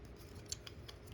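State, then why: Not seated. A plastic part is pushed down to the waist of a transforming toy figure to click it into place during its transformation. Only faint handling taps are heard, at about 0.5, 0.7, 0.9 and 1.1 seconds, over a low background hum. The waist joint does not click in, and nothing has seated or clicked yet.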